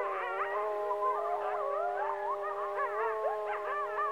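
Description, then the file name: Grey wolf pack chorus: a steady held howl underneath many yipping, wavering higher howls that rise and fall without pause. Grey wolf pack calling, Algonquin Provincial Park, Canada. "grey wolf pack calling algonquin provincial park canada tom cosburn"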